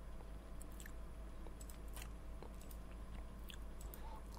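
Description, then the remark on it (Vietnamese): Faint, irregular scratching and rustling from a mouse moving about in a house, made of small crackly ticks and scrapes scattered over a few seconds above a steady low hum. “Nghe tiếng sột soạt thấy ghê quá.”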